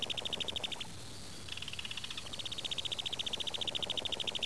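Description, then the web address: Kingfisher rattling call: a fast, dry run of clicking notes, breaking off briefly near the first second, then resuming and continuing steadily to the end. "tenaya Birds kingfisher"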